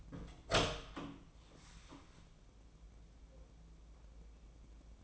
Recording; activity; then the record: daily activity, microphone in the room; open door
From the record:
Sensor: 1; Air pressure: 1012.4 hPa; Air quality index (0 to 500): 166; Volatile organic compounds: 3 ppm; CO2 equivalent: 1363 ppm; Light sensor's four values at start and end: 581/1365/602/726 and 581/1362/602/725